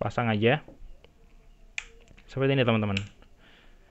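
An action camera is pressed straight down onto its magnetic quick-release mounting base. Someone talks, then a sharp click sounds at 1.8 s as the camera seats onto the mount, followed by a few faint ticks and more talking. The reason given is that the camera must click in, or it will come off.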